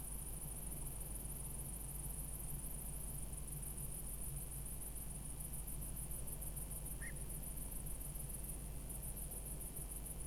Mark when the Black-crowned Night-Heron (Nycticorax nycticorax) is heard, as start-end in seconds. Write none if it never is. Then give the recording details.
6.98-7.13. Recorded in France